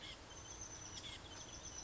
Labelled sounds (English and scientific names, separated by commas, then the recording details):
Oak Titmouse (Baeolophus inornatus)
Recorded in Sonoma County, California